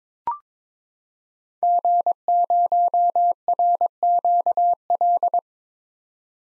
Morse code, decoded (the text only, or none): G0RQL